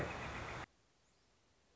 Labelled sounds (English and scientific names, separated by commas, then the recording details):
Northern Flicker (Colaptes auratus)
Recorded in Sonoma County, California